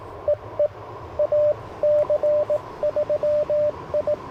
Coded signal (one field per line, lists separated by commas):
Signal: Morse code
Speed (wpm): 19 wpm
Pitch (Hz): 600 Hz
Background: radio noise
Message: EE AC3I